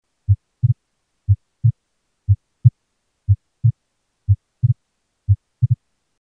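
Clean, low-pitched heart sounds at a steady 60 beats a minute. In several beats the second sound breaks into two closely spaced clicks, while in others it stays single. This is splitting of the second heart sound.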